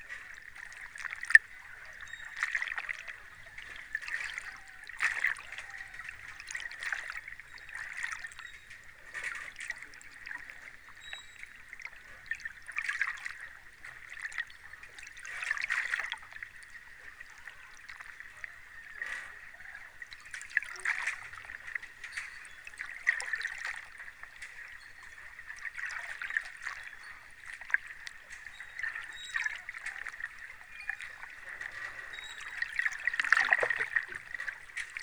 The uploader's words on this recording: Cadogan Pier, north bank of the Thames, London, Spring 2023 – by Lucy Wood. Cadogan Pier, North Bank of the river Thames, beneath Albert Bridge near Chelsea Embankment.